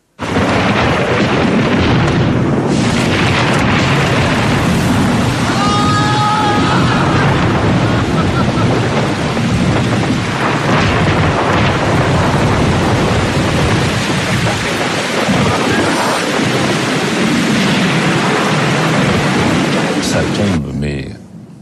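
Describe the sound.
A thunderstorm with hailstones in the afternoon, the sky almost pitch dark: a loud, unbroken roar of wind and pelting ice lasts throughout, with brief voices surfacing now and then before the noise cuts off abruptly at the end.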